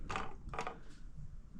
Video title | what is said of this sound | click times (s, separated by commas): How To Assemble A Commode #commode #commodechair | Make sure the little clip right here, click into that hole. | 0.1 s